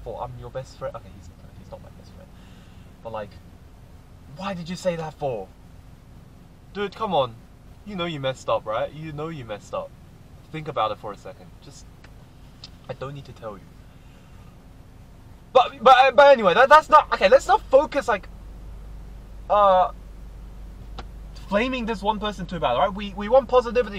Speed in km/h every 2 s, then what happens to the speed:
0, 0, 0, 0, 0, 0, 0, 0, 0, 0, 0, 0.
0-24 standing.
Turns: none.